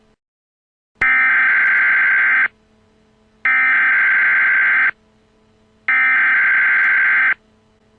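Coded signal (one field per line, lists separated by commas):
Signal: Emergency Alert System (SAME) tones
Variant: header bursts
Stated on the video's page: Fan-made EAS recreation based on the game Parasite Eve with a retro 1997 style.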